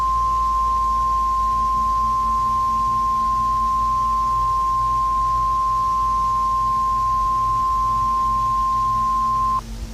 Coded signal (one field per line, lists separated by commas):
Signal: Emergency Alert System (SAME) tones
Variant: 1050 Hz attention tone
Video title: Category 6 - An EAS Scenario (#4)